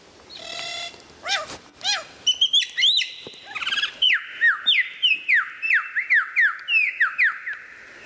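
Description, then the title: White-rumped shama song: buzzy and chattering notes first, then a long steady series of loud downward-sliding whistles. Described as the best murai batu of 2014, used for mastering (song training). "mster Mnuk. Mastering Murai Batu Terbaik 2014"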